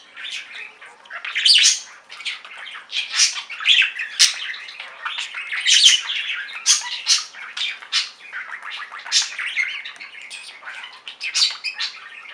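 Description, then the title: Budgerigar chattering, continuous buzzy warbles and sharp chirps in quick succession. "Budgie Sounds"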